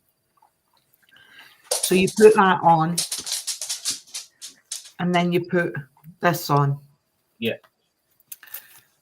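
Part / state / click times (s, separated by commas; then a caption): drainable ostomy bag coupling onto base plate flange / seated / 8.3 s. A drainable ostomy bag from a two-piece colostomy system has its plastic coupling ring pressed onto the base plate flange. Someone talks, and then a short, sharp click is heard at 8.3 seconds among a few faint taps as the bag seats onto the base plate.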